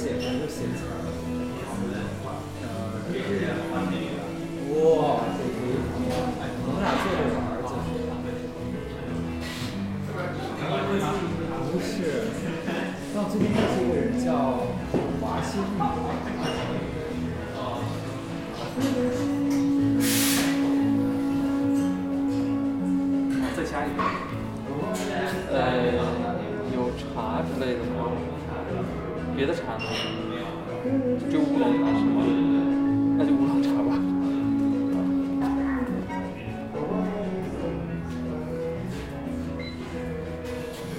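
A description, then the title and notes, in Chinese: Sitting in a café, a steady murmur of overlapping voices, with a man's voice occasionally rising above the chatter. Sustained tones hum underneath, and sharp clinks and knocks of cups or dishes punctuate it, notably near 5, 20 and 32 seconds. 坐在咖啡馆有点开心｜城市声音。北京地坛旁边 没有特地录说话声。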